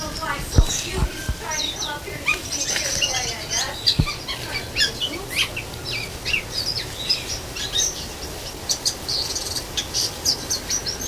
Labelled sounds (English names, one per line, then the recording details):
Javan Whistling-Thrush song
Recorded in captivity
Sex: male
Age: adult
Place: Zoo Berlin, Berlin, DE
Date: 2000-09-07 17:39
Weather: fair, 16°C
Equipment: Nagra SN, Kopie Uher 4000 Report Monitor
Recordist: Tembrock, Günter
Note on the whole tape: Gesang (Entfernung ca. 5 m)